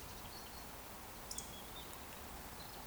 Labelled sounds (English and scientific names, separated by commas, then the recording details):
Eurasian Woodcock (Scolopax rusticola) whistle
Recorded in Baden-Württemberg, Germany, on 15 June 2020 at 19:23 UTC
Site 14569, 102 m above sea level